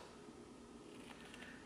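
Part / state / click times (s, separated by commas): belt strap into its ratcheting buckle / not seated / none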